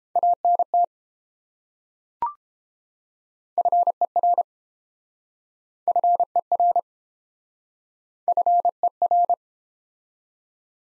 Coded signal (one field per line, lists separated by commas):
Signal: Morse code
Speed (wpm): 29 wpm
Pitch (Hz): 700 Hz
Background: none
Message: ANT FER FER FER